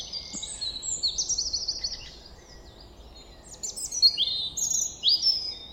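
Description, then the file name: European robin delivering high, quick trilled phrases, a pause, then more sharp, bright warbled notes rising and falling. "Erithacus rubecula"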